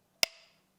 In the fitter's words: sabitlememiz lazım tık sesinde duymanız lazım